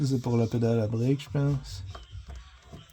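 Someone talks while handling an engine wiring harness connector at its mating plug, reconnecting unplugged engine harness wires on a car. After the talk, faint handling sounds follow, with a brief tap near 2.0 s. Nothing has seated or clicked yet.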